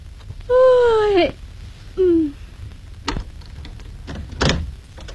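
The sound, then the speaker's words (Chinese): The front door of a home swings open late at night with a loud, drawn-out creak that bends downward in pitch, then a shorter squeak, followed by two dull knocks of the latch and frame, in a scene from the Chinese film 龙年警官 (Dragon Year Cop). “开门吧。”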